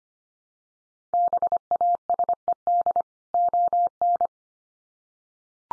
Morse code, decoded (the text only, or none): BASED ON